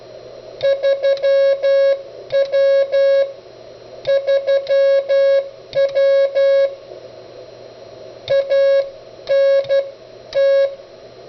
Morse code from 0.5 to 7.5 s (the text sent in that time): 3W 3W